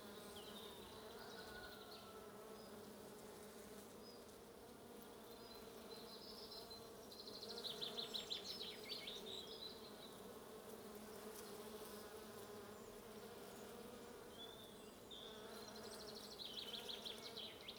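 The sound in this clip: Continuous low bee buzzing, a dense humming drone.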